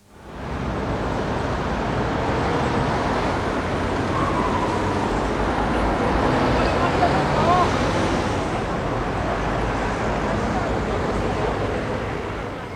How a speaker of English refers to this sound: Hört sich der Verkehr in London auch so an? Ein bisschen anders. Listen. Traffic in London.